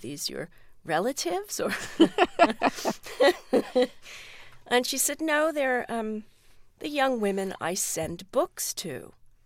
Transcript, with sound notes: Are these your relatives or...
(LAUGHTER)
And she said, no, they're the young women I send books to.